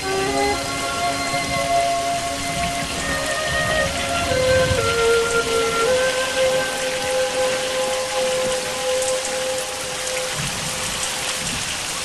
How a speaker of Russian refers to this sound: Мальчик на берегу реки стоит под зонтиком. Идет дождь.